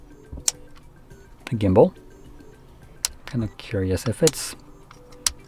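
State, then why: Seated. The release lock on the gimbal arm of a GoPro Fluid Pro AI handheld phone gimbal is worked by hand while someone talks, with sharp clicks at 0.5 s and 3.0 s. A final sharp click at 5.3 s marks the lock snapping shut, and it is seated, locked into place.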